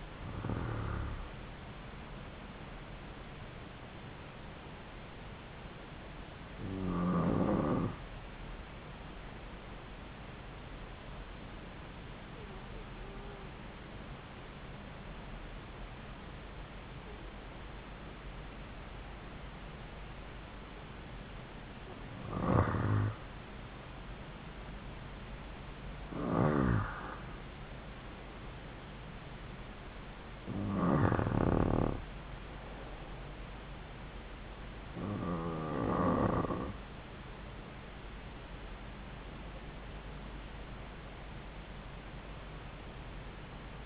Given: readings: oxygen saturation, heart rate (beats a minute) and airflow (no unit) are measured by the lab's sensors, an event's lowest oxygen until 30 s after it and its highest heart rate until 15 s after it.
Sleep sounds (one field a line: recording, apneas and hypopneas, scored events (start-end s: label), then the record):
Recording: breathing in sleep by a voice recorder at the bedside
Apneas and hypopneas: 1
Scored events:
8.00-26.80 s: hypopnea (N1, oxygen 96% highest, then 93% lowest)
17.00-43.86 s: new sleep stage, N2 (light sleep)
From the record:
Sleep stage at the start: N1 (lightest sleep)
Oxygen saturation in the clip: 87 to 96%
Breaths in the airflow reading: 7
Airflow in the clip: -4.1 to 4.4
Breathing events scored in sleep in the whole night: 270 in 6.1 hours asleep